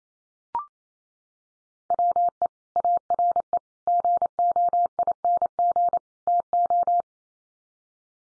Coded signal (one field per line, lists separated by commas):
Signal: Morse code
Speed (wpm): 28 wpm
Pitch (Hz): 700 Hz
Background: none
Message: WE ARE GOING TO